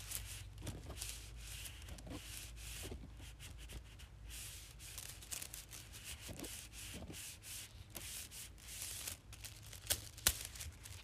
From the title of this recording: Rubbing Small Straws Together